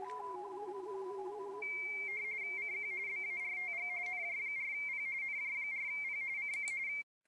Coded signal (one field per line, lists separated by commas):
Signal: RTTY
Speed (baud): 45.45 baud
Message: CQ BARTG NJ4P NJ4P CQ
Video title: KI5WWT Winter Field Day 2025 - Live Stream